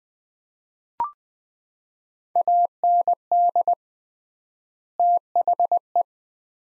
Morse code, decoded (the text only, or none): AND THE